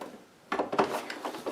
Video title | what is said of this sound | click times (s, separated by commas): Playmobil Enterprise Complete Unboxing, Build and Review | you got to put it in to hear it click | 0.5 s